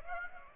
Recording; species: mosquito wingbeat signal from an infrared sensor; Aedes aegypti